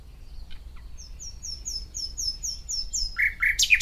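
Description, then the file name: Common nightingale song phrase of high, thin, evenly spaced piping notes, ending in a few harsh, louder notes. "Luscinia megarhynchos"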